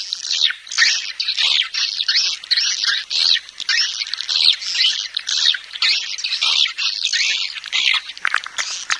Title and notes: Swiflet Bird Sound. Farming Swiflet Bird asia sound